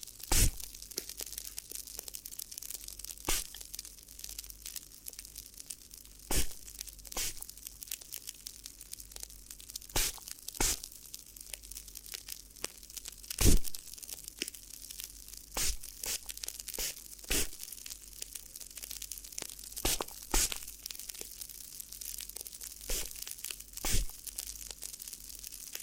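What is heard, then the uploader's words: Crinkly ear massage: a steady, dense bed of crisp crackling and rustling, mostly in the high range. Sharper crunching bursts stand out every second or two, with louder snaps near 0, 3, 6, 10, 13 and 24 seconds. ASMR Addictive Crinkly Ear Massage (No Talking).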